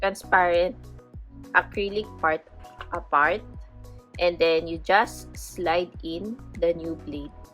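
A new replacement blade for a paper trimmer is being slid into the groove of the cutting head between its transparent acrylic parts. Someone talks over background music. The blade is handled but not yet home, and nothing has clicked or seated yet.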